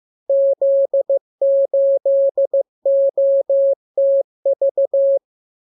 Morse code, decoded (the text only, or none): Z8OTV